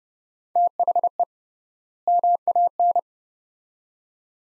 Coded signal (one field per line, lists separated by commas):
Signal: Morse code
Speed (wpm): 29 wpm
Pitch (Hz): 700 Hz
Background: none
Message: THE MAN